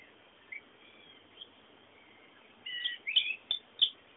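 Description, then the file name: Bird chirps: a few faint short notes early on, then a cluster of louder twittering chirps in the last second and a half over a steady hiss. Background birdsong. "fondo pajaros"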